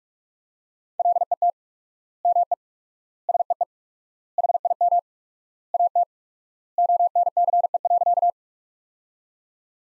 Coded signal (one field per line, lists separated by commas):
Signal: Morse code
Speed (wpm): 42 wpm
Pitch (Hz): 700 Hz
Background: none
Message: LET ME SEE HIM AT ONCE.